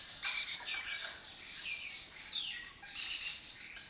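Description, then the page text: Lesser kestrel call, rasping squawky notes in three loud bursts, with a descending slurred note in the middle. Breeding colony in an abandoned building complex in Doñana, southern Europe; migratory raptor that forages in West Africa and breeds in southern Europe. "Lesser Kestrels Took Over an Abandoned Building - wp.earth.fm. A migratory raptor wich spends its foraging time in West Africa and breeds in southern Europe. Here in Doñana"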